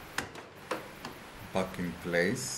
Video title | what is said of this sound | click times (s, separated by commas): How To Fix Computer Laptops Not Turning ON Or Black Screen | and you need to hear the click sound back in | 0.2 s